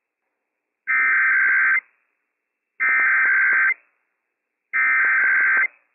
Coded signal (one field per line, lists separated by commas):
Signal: Emergency Alert System (SAME) tones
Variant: header bursts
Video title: Washington State EOC Made an Oops - RMT + RWT - WWF56 - EAS #224-225 - 11:00 AM/11:03 AM PDT 3/22/22